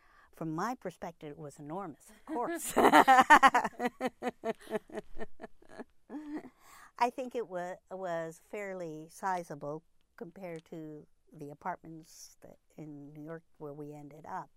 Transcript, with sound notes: From my perspective it was enormous, of course. (She laughs) I think it was fairly sizable compared to the apartments in New York where we ended up.